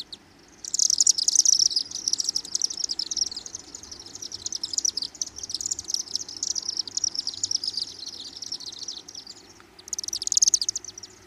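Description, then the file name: Chimney swift chittering calls, dense rapid high twittering notes running almost continuously, pausing near the end before a final burst of chatter. "Chimney Swift Lang Elliott"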